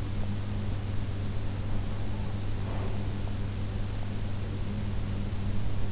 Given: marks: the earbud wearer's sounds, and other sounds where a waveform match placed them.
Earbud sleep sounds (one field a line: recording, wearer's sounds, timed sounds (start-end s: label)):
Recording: sounds in sleep by an in-ear microphone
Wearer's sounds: breath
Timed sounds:
2.42-3.49 s: breath